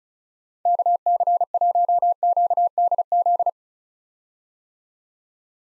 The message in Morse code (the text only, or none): KC1QDZ